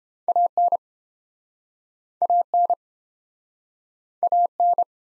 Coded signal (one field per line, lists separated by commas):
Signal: Morse code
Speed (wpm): 31 wpm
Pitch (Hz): 700 Hz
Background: none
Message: AN AN AN